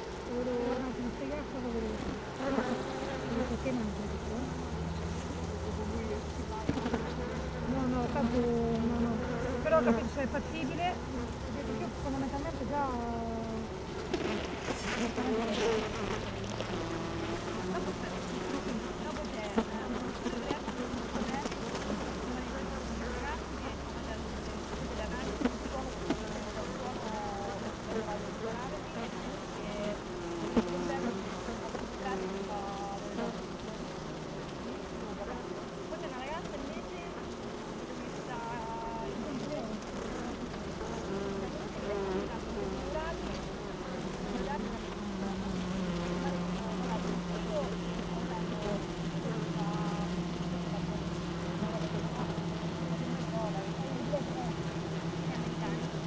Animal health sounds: honeybee colony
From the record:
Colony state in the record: missing queen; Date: 31 May 2018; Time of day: 16:20

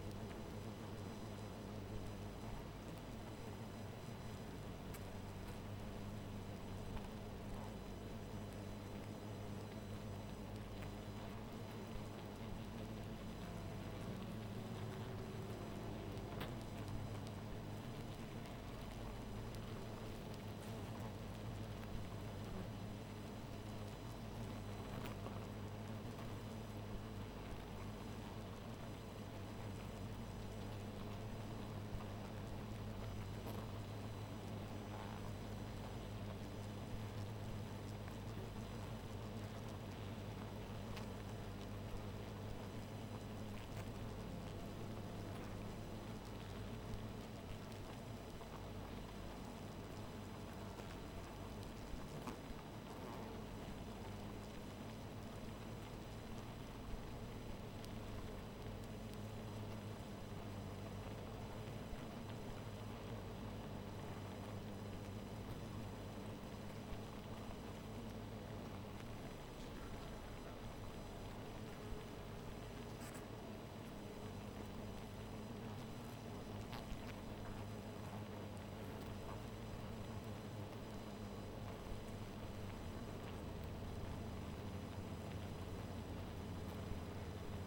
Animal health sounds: honeybee colony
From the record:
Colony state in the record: missing queen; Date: 14 July 2017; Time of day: 1:51

